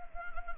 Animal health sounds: mosquito wingbeat signal from an infrared sensor; Anopheles gambiae

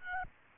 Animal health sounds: mosquito wingbeat signal from an infrared sensor; Aedes albopictus

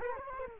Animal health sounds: mosquito wingbeat signal from an infrared sensor; Culex quinquefasciatus

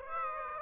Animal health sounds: mosquito wingbeat signal from an infrared sensor; Aedes aegypti

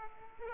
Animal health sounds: mosquito wingbeat signal from an infrared sensor; Aedes aegypti

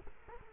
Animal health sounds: mosquito wingbeat signal from an infrared sensor; Culex quinquefasciatus

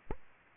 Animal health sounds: mosquito wingbeat signal from an infrared sensor; Aedes aegypti

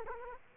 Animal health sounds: mosquito wingbeat signal from an infrared sensor; Culex quinquefasciatus

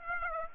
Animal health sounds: mosquito wingbeat signal from an infrared sensor; Aedes aegypti

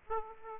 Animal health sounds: mosquito wingbeat signal from an infrared sensor; Aedes aegypti

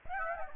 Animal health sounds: mosquito wingbeat signal from an infrared sensor; Aedes aegypti

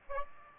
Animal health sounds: mosquito wingbeat signal from an infrared sensor; Aedes aegypti

